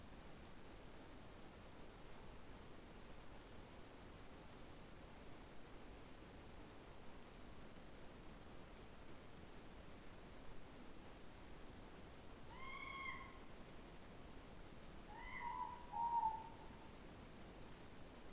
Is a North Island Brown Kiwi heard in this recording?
no